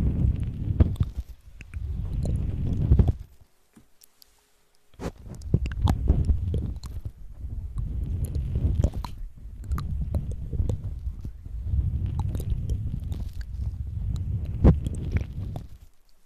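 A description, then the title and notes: Mouth sounds: wet, low, thick smacking and squelching, like chewing or lip noises, come in dense bursts. There is a clear pause of about two seconds near the four-second mark, then the moist clicking and slurping resume and continue almost unbroken to the end. Mouth Sounds.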